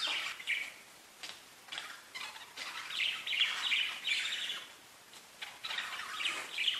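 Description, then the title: Budgerigar warbling, scratchy twittering phrases in bursts with short gaps, rising and falling in loudness. "Budgie Sounds"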